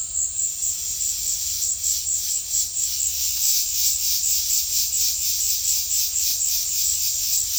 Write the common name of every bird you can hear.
none